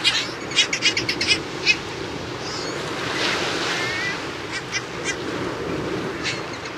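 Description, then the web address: Heermann's gull calls, a quick series of harsh notes in the first two seconds, then a few more, over steady rushing surf. "Songs of Birds of North America Stokes. Heermanns Gull"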